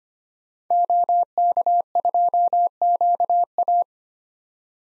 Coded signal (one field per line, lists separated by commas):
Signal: Morse code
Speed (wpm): 25 wpm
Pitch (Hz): 700 Hz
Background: none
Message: OK2QA